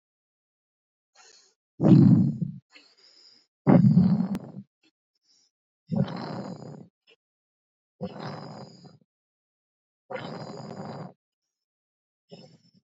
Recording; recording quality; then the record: deep breathing; excellent, no background noise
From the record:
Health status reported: healthy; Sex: male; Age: 31 years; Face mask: not worn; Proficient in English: yes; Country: India